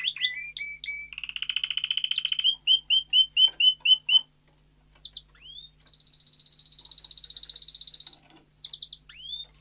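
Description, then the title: Domestic canary song in separate phrases: a steady buzzy trill, a run of quick bright notes, a short pause, then a high rattling trill and rising sweeps. Male Belgian canary singing a lot; meant to warm up and train young canaries. "Canary Training Esquente Seu Filhote E Canario Belga Em 30 Minutos Macho Cantando Muito"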